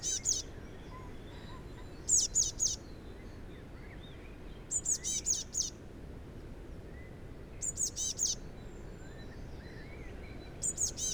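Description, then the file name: Eurasian blue tit repeating short bursts of several high, thin notes every few seconds, with soft low background noise. "Cyanistes caeruleus"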